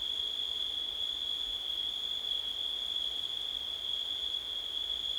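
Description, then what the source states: Crickets sing a sustained shrill trill, unchanging in pitch, set against a quiet background hiss. Recorded on a windy night in September.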